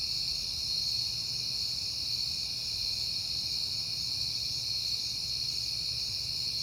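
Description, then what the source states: Cricket chorus, a continuous high ringing trill, unbroken throughout, with a soft low hum underneath. Crickets recorded at night in September on a peaceful night.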